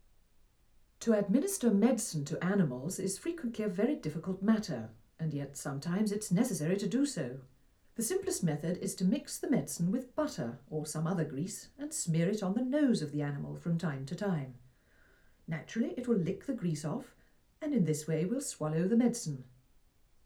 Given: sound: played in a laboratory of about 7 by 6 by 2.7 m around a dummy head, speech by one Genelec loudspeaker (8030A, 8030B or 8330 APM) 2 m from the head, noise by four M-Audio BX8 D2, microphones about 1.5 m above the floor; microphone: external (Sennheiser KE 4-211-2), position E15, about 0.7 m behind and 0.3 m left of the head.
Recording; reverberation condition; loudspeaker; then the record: female speech in English; low; 120 degrees to the right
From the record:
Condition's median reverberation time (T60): about 310 ms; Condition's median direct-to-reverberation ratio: about 3.5 dB